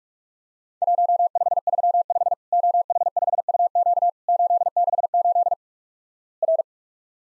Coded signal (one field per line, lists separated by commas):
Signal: Morse code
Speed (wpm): 48 wpm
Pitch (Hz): 700 Hz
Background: none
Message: 1535 OH5UQ 868 R